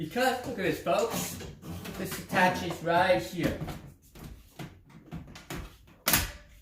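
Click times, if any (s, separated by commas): 6.1 s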